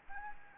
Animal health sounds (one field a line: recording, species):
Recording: mosquito wingbeat signal from an infrared sensor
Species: Anopheles arabiensis